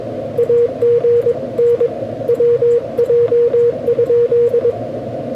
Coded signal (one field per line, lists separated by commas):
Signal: Morse code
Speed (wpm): 22 wpm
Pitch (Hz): 480 Hz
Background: radio noise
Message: AGN WJ?